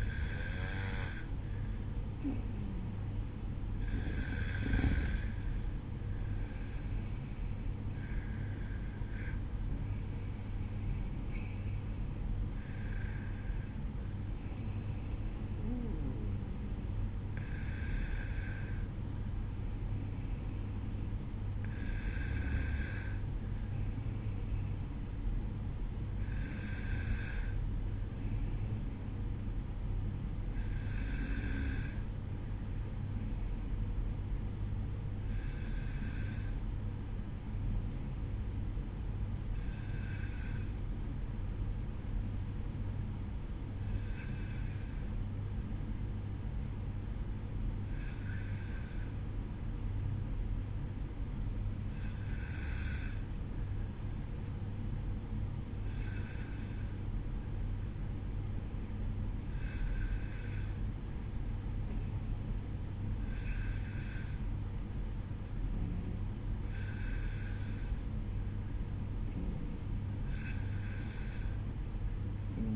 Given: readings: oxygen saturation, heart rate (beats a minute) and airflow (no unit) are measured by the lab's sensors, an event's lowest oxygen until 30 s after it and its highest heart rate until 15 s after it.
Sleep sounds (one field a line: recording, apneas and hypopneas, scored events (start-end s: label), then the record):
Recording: breathing in sleep by a smartphone at the bedside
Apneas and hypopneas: none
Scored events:
1.00-31.00 s: new sleep stage, N1 (lightest sleep)
31.00-72.76 s: new sleep stage, N2 (light sleep)
From the record:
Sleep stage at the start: N2 (light sleep)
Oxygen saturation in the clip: 93 to 94%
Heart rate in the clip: 50 to 80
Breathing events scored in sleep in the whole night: 305 in 9.6 hours asleep